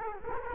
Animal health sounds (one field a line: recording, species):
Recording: mosquito wingbeat signal from an infrared sensor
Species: Culex quinquefasciatus